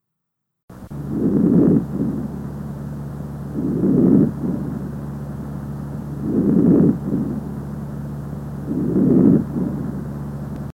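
Four soft, low-pitched breath cycles at about 24 a minute over an adult chest, each swelling and fading smoothly, with no crackles or wheezes over a steady low hum. Normal vesicular breath sounds: a low-frequency, effortless sound, slightly amplified here, inspiration to expiration about 1:2, fading at the end of expiration; the breathing one wants to hear in patients.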